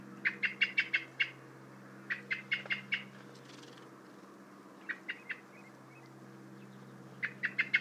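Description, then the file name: Common blackbird delivering repeated bursts of several hard chink notes separated by short pauses. "Turdus merula"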